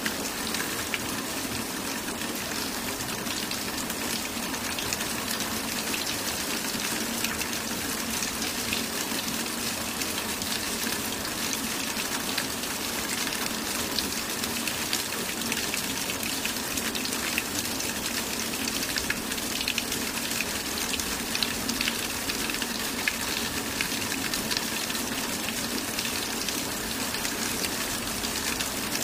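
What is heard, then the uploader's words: Rain pours steadily onto a roof, a dense, even hiss of countless drops with no pauses or build-up across the whole stretch. The sound sits bright, with a faint low murmur beneath and small, frequent patters of drips scattered through. Falling Rain Sounds. Rainstorm White Noise. Rain pours down on the roof and drips off the eaves onto the patio below, creating a soothing rainstorm sound.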